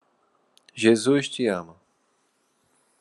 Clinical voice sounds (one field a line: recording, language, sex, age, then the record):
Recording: spoken sentence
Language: Brazilian Portuguese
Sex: male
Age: 30 to 39 years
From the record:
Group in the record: control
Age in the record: 35 years